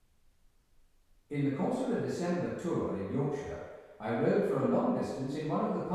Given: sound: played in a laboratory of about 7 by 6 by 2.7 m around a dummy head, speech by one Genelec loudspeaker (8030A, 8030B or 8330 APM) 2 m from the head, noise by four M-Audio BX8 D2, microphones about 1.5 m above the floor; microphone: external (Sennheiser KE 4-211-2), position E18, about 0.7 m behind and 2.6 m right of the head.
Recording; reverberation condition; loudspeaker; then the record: male speech in English; high; 60 degrees to the right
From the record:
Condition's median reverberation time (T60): about 1300 ms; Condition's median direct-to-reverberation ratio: about -4.0 dB